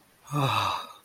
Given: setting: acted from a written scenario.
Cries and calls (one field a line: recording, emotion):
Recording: vocal sound without words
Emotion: relief